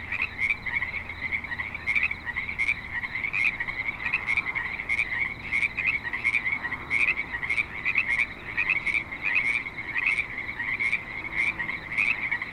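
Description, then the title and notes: Chorus of frogs croaking steadily, pulsed calls repeated rapidly over a dense trilling background, with faint low noise. Frogs at a creek in Spanish Springs, Nevada, in a suburban setting. "Frogs in Spanish Springs, NV - creek view. Frogs with light traffic and other suburban sounds"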